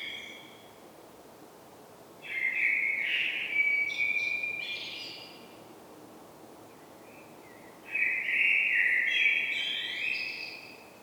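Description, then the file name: Common blackbird song: two warbled phrases separated by a pause, each starting with low mellow notes and ending in higher squeaky notes, over a steady faint hiss. "Turdus merula"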